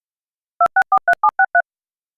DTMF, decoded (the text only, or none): 2643763